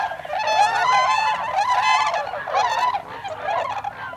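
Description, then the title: Tundra swan calls, loud, ringing, nasal honks above a softer background of other swans. Recorded 26 December 2020. "2020-12-26-Tundra-Swans"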